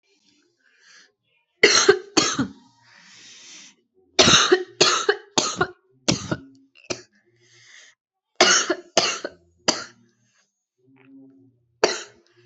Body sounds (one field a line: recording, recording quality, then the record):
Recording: heavy voluntary cough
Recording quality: excellent, no background noise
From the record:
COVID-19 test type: RT-PCR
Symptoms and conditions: cough, cold, breathing difficulty, sore throat, fever, fatigue, muscle pain, loss of smell and taste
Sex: female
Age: 22 years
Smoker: no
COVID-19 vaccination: both doses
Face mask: not worn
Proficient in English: yes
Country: India